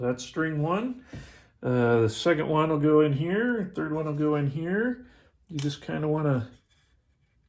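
A string end is being fitted into the string anchor of a wooden 3-string strumstick while someone talks. Nothing has seated or clicked yet; the clip ends just before the string end clicks into place.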